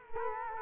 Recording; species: mosquito wingbeat signal from an infrared sensor; Culex quinquefasciatus